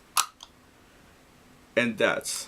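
After a thin metal shim cut from a can is pushed down beside the shackle of a combination padlock, the metal shackle is pulled up hard out of the lock body. A loud, sharp metallic hit sounds at 0.2 s as the shackle comes free, followed by a faint tick at 0.4 s, and the padlock is released. Someone talks briefly near the end.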